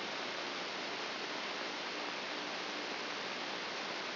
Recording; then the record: brain microelectrode recording played as sound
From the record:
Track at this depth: inside the subthalamic nucleus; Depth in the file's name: 1.427 mm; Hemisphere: left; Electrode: 3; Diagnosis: Parkinson's disease